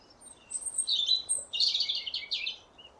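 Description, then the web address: European robin song: a high, rapid tumbling phrase of squeaky notes and trills, heard over a steady low background hiss. "Deverinetal 2025 File origin Bird Only Er Ru"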